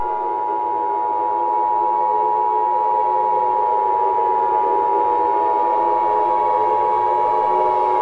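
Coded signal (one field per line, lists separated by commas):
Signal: Emergency Alert System (SAME) tones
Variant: 853 and 960 Hz attention tone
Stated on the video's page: Fictional EAS scenario about a nuclear missile attack on Louisville's Waterfront Park.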